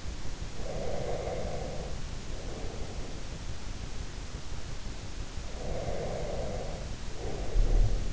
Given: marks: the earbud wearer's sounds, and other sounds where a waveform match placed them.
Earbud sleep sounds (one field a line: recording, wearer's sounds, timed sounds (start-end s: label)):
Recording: sounds in sleep by an in-ear microphone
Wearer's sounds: breath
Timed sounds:
0.54-3.29 s: breath
5.49-8.13 s: breath